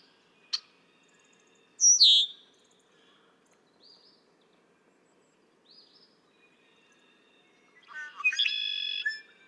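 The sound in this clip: Red-winged blackbird song: a sharp click and a loud downslurred whistle, soft high notes, then the gurgling intro and buzzy rattling trill near the end.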